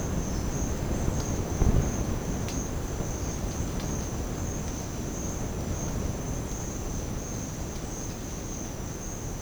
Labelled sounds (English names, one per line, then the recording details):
none
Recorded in secondary vegetation near Puerto Asís, Putumayo, Colombia, on 9 March 2025 at 13:00
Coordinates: 0.481, -76.318
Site G097